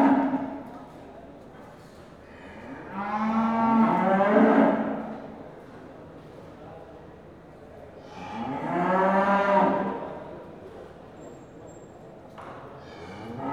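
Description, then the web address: Cattle mooing, two long, loud, harmonic bellows about five seconds apart, each rising then fading, with a quiet background between them. Cattle in pens at a market. "BBC Sound Effects Library BBC 35-Livestock. Cattle In Pens At Market"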